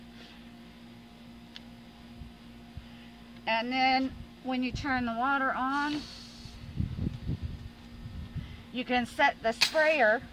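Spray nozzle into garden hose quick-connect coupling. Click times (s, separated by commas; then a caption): 1.6 s. A spray nozzle is pushed into a garden hose quick-connect coupling and seats with a single sharp click at 1.6 s. Afterward someone talks over a steady low hum, with a few soft low thumps around 7 s.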